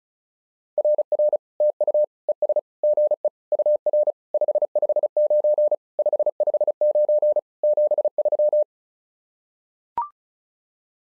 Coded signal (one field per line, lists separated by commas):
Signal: Morse code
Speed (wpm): 36 wpm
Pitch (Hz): 600 Hz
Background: none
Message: RR TU ES GE UR 559 559 73